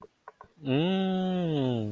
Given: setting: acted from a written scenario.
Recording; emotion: vocal sound without words; desire